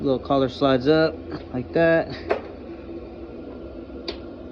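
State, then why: Seated. Someone talks while the collar on a fuel line quick-connect coupling is slid up and the coupling is pushed onto the fuel tank fitting of a Road King motorcycle. A short, sharp click at 4.1 s marks it locking into place, with a little fuel dripping out.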